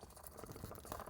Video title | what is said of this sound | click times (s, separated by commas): Scary Christmas Ghost Stories - The Ghost of Jacob Marley Review | and you push until you hear the pop | 0.9 s